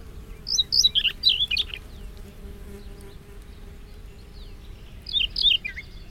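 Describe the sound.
Siberian rubythroat singing two short phrases of high, varied twisting whistles and chirps, separated by a pause of about three seconds, over a faint low hum.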